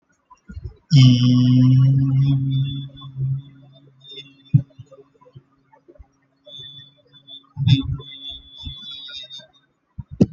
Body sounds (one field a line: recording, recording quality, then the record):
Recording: sustained vowel as in beet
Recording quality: excellent, no background noise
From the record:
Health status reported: exposed to COVID-19, no respiratory illness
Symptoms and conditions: fever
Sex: male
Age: 25 years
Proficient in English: yes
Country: India